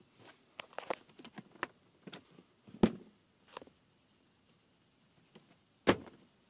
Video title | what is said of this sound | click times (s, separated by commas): BMW e36 Lüfterendstufe tauschen | vergessen die Klappe schließen und die Klipse einrasten lassen die drei | 0.9 s, 1.6 s, 2.8 s